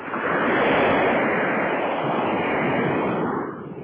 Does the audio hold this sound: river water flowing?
yes